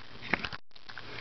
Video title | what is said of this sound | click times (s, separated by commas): Tippmann Project Salvo For Beginners | Okay, so it folds, you click it, | 0.3 s